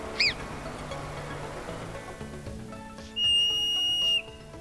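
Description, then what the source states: Hoary marmot warning whistle: one brief arched note, then a long, piercing, level whistle lasting about a second. High-pitched warning issued to alert other colony members to possible danger; mountains of northwest North America, Hudson Bay Mountain in Smithers.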